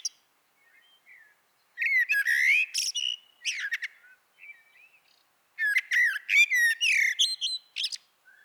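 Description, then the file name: Eurasian blackbird song: faint notes at first, then a loud warbled phrase with squeaky high twitters, a pause, and another long twittering phrase. "Turdus merula"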